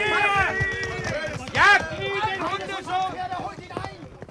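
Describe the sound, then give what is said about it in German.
Rapid, rhythmic hoofbeats of a galloping horse pound steadily underneath loud shouting voices, with one sharp, high cry standing out partway through. “Und ich ritt im Galopp auf das Zeltlager zu.”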